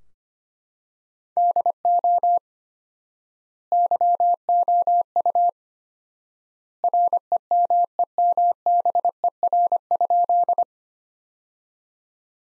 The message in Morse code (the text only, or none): DO YOU REMEMBER?